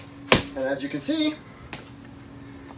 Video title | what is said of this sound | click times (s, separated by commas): A DIY Garage Gym anyone can do! | and then back up hold it in place and slide it in that way and it actually locks into place | 0.3 s